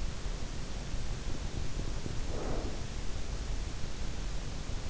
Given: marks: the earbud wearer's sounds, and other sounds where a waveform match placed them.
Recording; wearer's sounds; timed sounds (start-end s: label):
sounds in sleep by an in-ear microphone; breath
1.77-3.26 s: breath